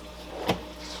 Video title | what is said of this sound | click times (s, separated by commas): The Aquarium Dosing Pump Many Have SLEPT ON! (Aquavitro Sentia Dose Pump) | right there push down and it clicks right in and check it out all three are hung | 0.5 s